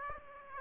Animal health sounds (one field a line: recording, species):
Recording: mosquito wingbeat signal from an infrared sensor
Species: Aedes aegypti